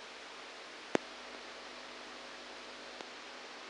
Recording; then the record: brain microelectrode recording played as sound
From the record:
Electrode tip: outside the subthalamic nucleus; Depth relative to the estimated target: 0 mm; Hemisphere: right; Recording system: NeuroSet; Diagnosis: Parkinson's disease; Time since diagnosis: 7 years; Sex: male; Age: 69 years